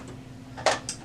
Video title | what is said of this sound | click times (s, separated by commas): HP Laserjet P2035 - How to Change Toner - Onyx Imaging | on then it'll click in place | 0.7 s, 0.9 s